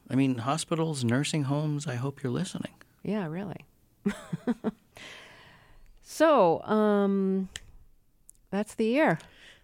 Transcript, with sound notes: I mean, hospitals, nursing homes, I hope you're listening.
Yeah, really (laughter). So that's the year.